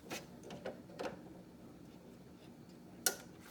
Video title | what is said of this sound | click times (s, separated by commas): wow I LOVE this NEW HP printer !! | when you hear it click, that's how you know you have it, the cartridge properly seated in. | 3.1 s